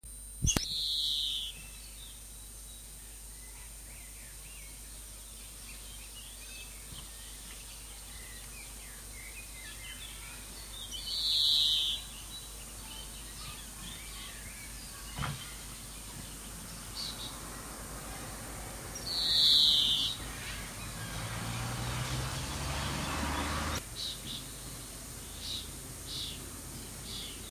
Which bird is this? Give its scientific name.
Chloris chloris